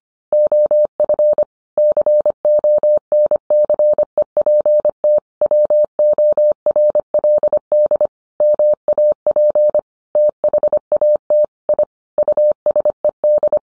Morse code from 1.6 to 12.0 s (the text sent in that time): CONCEPT WORLD MAP THAT I